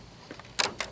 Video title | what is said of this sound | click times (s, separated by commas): SEQUOIA LED GRILLE LIGHTS (TRD PRO AMBER GRILLE LIGHTS) | They'll just snap right into place. | 0.6 s, 0.8 s